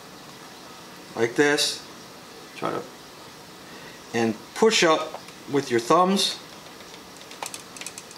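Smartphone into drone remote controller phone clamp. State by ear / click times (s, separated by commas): seated / 7.5 s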